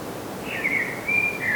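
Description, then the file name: Common blackbird uttering a fluty, drawn-out whistled phrase that ends in a slightly falling note, with soft steady hiss behind. "Turdus merula"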